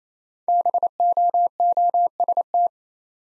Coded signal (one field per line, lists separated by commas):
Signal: Morse code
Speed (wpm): 27 wpm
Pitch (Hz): 700 Hz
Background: none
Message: BOOST